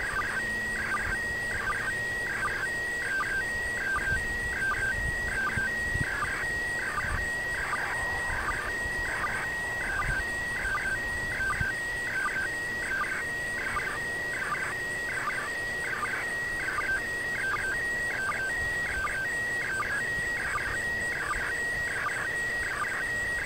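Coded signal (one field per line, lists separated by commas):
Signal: SSTV (slow-scan television)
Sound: repeating warbling tones with a steady high tone and short low sync blips about every 0.75 s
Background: radio static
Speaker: finished with the transmission.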